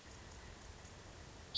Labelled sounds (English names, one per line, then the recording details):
Hermit Thrush
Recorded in Sonoma County, California